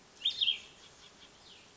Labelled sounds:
Cassin's Vireo
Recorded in Sonoma County, California

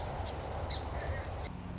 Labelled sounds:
Song Sparrow
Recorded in Sonoma County, California

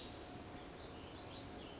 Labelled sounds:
California Towhee
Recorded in Sonoma County, California

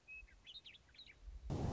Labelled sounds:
Western Meadowlark
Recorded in Sonoma County, California

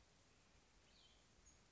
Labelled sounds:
Cassin's Vireo
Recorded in Sonoma County, California

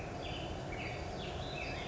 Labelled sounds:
Black-headed Grosbeak
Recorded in Sonoma County, California

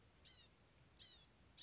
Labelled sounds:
Blue-gray Gnatcatcher
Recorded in Sonoma County, California

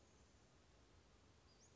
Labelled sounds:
Western Flycatcher
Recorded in Sonoma County, California

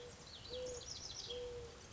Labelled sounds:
House Wren
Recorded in Sonoma County, California

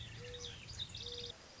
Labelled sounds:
Mourning Dove
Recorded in Sonoma County, California

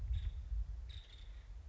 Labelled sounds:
Nuttall's Woodpecker
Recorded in Sonoma County, California

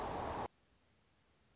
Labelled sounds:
Anna's Hummingbird
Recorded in Sonoma County, California

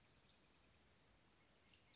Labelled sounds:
Western Flycatcher
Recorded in Sonoma County, California

